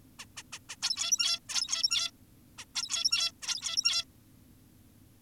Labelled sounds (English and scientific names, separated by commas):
Zebra Finch (Taeniopygia guttata)